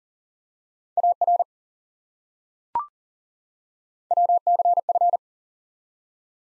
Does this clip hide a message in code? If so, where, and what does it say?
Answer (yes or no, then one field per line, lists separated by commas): yes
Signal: Morse code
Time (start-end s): 1.0-5.2 s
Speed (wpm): 40 wpm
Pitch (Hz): 700 Hz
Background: none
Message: AR WCF